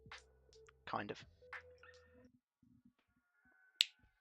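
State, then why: Seated. A plastic model kit part is pressed onto a robot model assembly during a build while someone talks and light handling noises are heard. One loud, sharp snap at 3.8 s marks the part seating into place.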